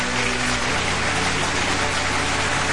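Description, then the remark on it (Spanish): A steady wash of applause, many hands clapping at once into a dense, even crackle that holds at a constant loudness for a few seconds with no voices over it. “Claro que sí, aplausos por favor para ese comentario.”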